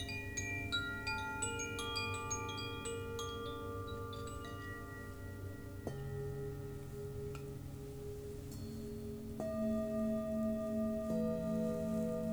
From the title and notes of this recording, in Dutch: Klankschalen.